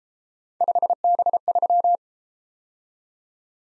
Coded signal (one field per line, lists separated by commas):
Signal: Morse code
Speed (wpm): 30 wpm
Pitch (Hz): 700 Hz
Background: none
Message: 5B3